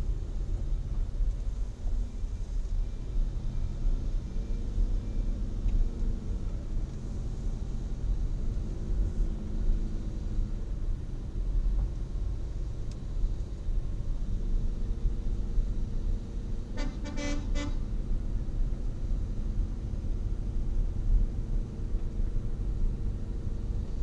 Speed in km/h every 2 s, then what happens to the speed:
9, 9, 12, 15, 18, 18, 18, 18, 18, 19, 20, 19.
0-8 speeds up to 18. 8-24 steady at about 18.